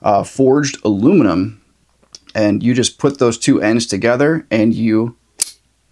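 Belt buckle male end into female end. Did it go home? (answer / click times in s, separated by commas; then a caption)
yes / 5.4 s. Someone talks while pushing the male end of a forged aluminum Cobra-style buckle on a gun belt into the female end. The buckle snaps into place with one sharp metallic click at 5.4 s, and it is seated.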